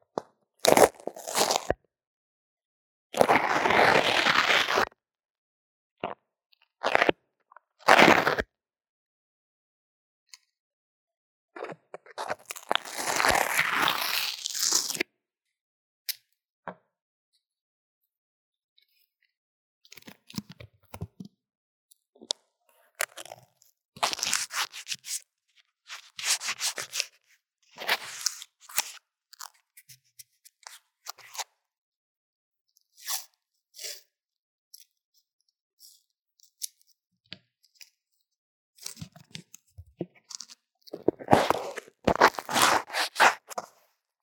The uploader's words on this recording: 各種玩弄線麥!! Lo-fi Earphone Mic drawing & Makeup | No Talking.